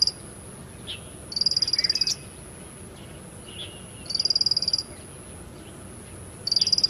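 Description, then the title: Bar-winged prinia singing fast, high-pitched trilled bursts of rapidly repeated notes, separated by pauses of roughly two seconds, with a few soft chirps between phrases and constant background hiss. "Suara Burung Ciblek"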